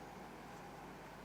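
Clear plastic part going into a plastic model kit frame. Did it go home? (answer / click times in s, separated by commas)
no / none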